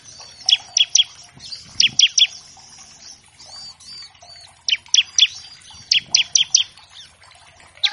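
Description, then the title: Bar-winged Prinia song: clipped, metallic high notes in quick groups of three or four, separated by brief pauses, with soft warbling in the background. Gacor (actively singing) ciblek paired with a gacor canary as a master track for training captive birds of all kinds; also a lure to make ciblek sing quickly. "Masteran Ciblek Gacor Vs Kenari Gacor Untuk Masteran Semua Jenis Burung. Pancingan Ciblek bahan agar cepat bunyi. Burung Ciblek"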